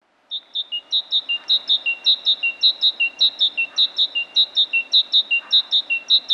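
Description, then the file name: Great tit giving rhythmic, repeated phrases of sharp high notes dropping to a slightly lower note, cycling steadily without pause. "Parus major"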